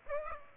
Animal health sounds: mosquito wingbeat signal from an infrared sensor; Aedes aegypti

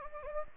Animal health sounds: mosquito wingbeat signal from an infrared sensor; Anopheles gambiae

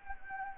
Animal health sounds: mosquito wingbeat signal from an infrared sensor; Anopheles gambiae

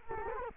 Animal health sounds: mosquito wingbeat signal from an infrared sensor; Culex quinquefasciatus

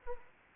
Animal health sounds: mosquito wingbeat signal from an infrared sensor; Anopheles arabiensis

